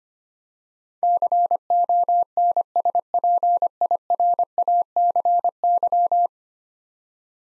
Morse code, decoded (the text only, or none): CONSPIRACY